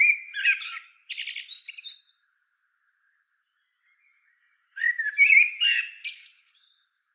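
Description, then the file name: Common blackbird song with fluty low notes running into buzzy high twittering, two phrases with a quiet gap of nearly three seconds between them. "Turdus merula"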